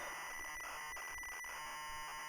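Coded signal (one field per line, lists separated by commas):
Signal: computer data on cassette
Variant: Amstrad CPC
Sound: harsh buzzing screech of tape data with a shrill steady whine and brief dropouts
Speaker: the sweet sound of the 80s tape noise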